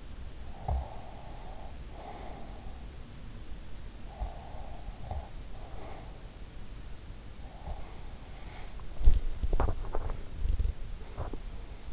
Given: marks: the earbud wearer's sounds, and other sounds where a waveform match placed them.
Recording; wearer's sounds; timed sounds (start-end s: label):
sounds in sleep by an in-ear microphone; breath, teeth grinding
0.00-3.12 s: breath
4.08-6.32 s: breath
8.57-11.93 s: teeth grinding